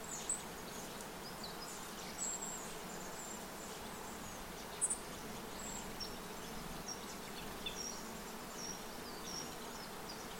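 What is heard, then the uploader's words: A steady forest soundscape of dense insect buzzing and hum, with faint high chirps flickering near 0.3, 2.2 and 4.9 seconds. A soundscape of forest recordings from the Music for Sleep project, including. Forest soundscape.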